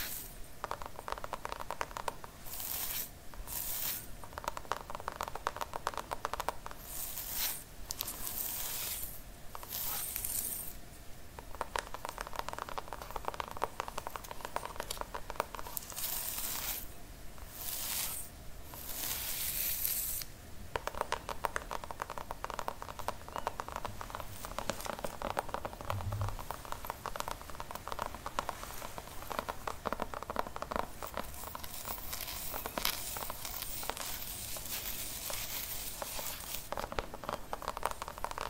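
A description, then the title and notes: Dense scratching and brushing across the scalp continues for the whole clip, a crisp, bright rasp made of rapid small strokes. It comes in bursts of a second or two separated by brief pauses, at a steady level. The Most Relaxing Hairline Treatment ASMR scalp massage, scratching, brushing.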